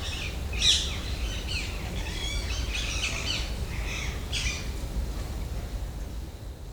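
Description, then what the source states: Rose-ringed parakeets give harsh screeches and chattering calls that thin out toward the end, over a low rumble. Ring-necked parakeets squabbling in late afternoon, Jardin d'agronomie tropicale, Paris, France; MCE 530 microphone, USB dual preamp, H2.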